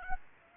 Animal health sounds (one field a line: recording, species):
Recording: mosquito wingbeat signal from an infrared sensor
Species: Aedes aegypti